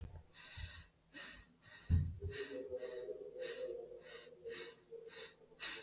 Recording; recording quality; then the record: shallow breathing; excellent, no background noise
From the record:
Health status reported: healthy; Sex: male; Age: 23 years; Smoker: no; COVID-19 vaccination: both doses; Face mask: not worn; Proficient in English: yes